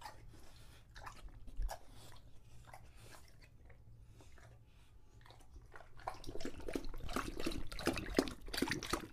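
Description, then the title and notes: English Bulldog drinking, soft sparse laps at first, then a busier stretch of rapid wet slurping. English Bulldog named Lucho, drinking water from a bowl after a long walk, heavily breathing and out of breath between drinks. "English Bulldog Drinks from Water Bowl - Weird Sounds. listen to Lucho the English Bulldog as he tries to drink water after a long walk. Don't let his heavy breathing fool you in between drinks, he's equally out of breath from the walk"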